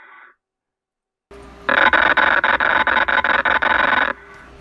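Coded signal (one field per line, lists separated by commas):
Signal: Hellschreiber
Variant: Feld Hell x9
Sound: harsh, wide, buzzing modem-like rasp in about ten quick choppy bursts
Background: radio static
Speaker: felled hell as I said 9 doesn't even sound like hell schreiber anymore it sounds almost like a fax machine not sure you hear that but it's definitely sounds like a 56k modem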